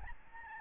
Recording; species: mosquito wingbeat signal from an infrared sensor; Aedes albopictus